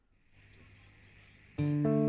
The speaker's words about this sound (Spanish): Grabó al principio Sonido de Grillos, puso la voz y la guitarra